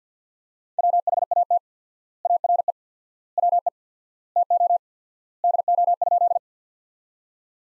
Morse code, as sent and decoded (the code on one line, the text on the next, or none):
.-- .... .- - / .- .-. . / .-- . / - --- / -.. --- ..--..
WHAT ARE WE TO DO?